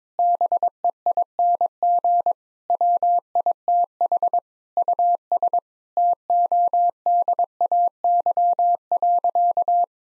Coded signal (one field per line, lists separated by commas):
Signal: Morse code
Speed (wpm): 22 wpm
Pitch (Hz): 700 Hz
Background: none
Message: BEING WITH US TODAY.